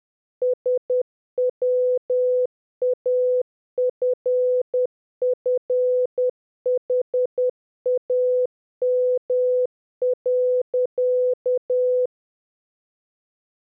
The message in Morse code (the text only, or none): SWAFFHAM.